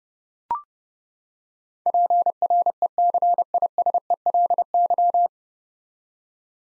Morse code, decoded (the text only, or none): PRECISELY